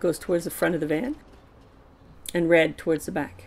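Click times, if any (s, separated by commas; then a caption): none. Someone talks while handling a fabric bug screen with magnets sewn into its edge, meant to go along the middle edge of a minivan's metal sliding-door frame. The talking stops briefly around 1.2 to 2.3 seconds, then resumes. Nothing has seated or clicked onto the frame yet.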